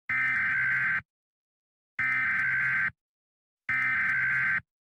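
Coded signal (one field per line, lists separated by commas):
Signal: Emergency Alert System (SAME) tones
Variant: header bursts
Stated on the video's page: Fictional EAS scenario alert set in New Jersey, not a real broadcast.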